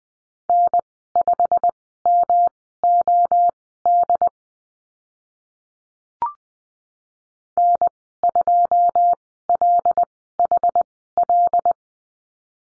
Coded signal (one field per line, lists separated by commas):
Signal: Morse code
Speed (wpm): 20 wpm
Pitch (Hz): 700 Hz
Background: none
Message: N5MOD N2LHL